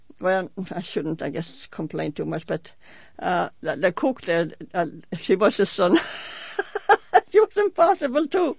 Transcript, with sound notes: well, I shouldn't, I guess, complain too much but, the cook there, she was a (she laughs) she was impossible too